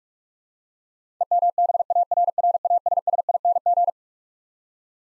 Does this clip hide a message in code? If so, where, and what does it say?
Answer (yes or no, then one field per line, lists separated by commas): yes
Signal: Morse code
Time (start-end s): 1.2-3.9 s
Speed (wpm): 46 wpm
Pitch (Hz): 700 Hz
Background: none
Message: EMBARRASSING